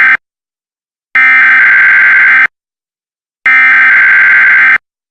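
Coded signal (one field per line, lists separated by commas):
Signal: Emergency Alert System (SAME) tones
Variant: header bursts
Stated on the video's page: Fictional EAS scenario about a suicide ghost.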